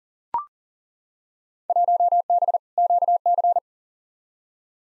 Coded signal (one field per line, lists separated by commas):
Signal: Morse code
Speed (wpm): 40 wpm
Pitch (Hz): 700 Hz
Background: none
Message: 1B QC